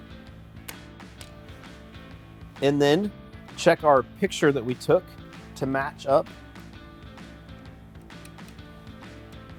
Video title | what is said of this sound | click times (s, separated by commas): How to Replace the Control Board on Your Hayward HT431 SecureTurn Full Height Turnstile | on the 4 standoffs until we hear a secure click. | 0.7 s, 1.2 s